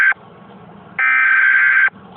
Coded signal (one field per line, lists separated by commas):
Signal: Emergency Alert System (SAME) tones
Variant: header bursts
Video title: EAS Mock: May 6th will be near...